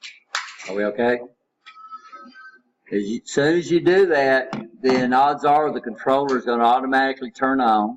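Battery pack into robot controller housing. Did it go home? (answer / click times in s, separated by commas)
yes / 0.3 s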